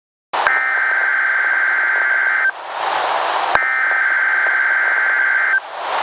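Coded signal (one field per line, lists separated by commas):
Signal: Emergency Alert System (SAME) tones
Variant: header bursts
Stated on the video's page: Required Weekly Test from NOAA Weather Radio station in Milwaukee, WI.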